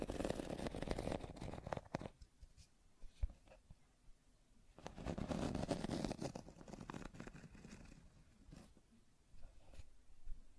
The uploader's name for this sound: Scratching and Tracing Sounds